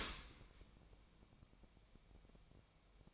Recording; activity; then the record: daily activity, microphone in the room; open dishwasher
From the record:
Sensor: 1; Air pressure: 1003.2 hPa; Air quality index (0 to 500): 197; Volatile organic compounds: 6 ppm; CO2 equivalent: 1883 ppm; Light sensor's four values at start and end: 29/73/31/38 and 29/73/31/37